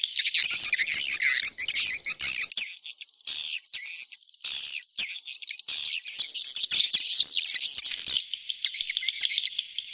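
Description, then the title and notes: Swiftlet chirps, a busy stream of shrill twittering notes in irregular bursts, broken by brief pauses. Sound used in swiftlet farming in Asia. "Swiflet Bird Sound. Farming Swiflet Bird asia sound"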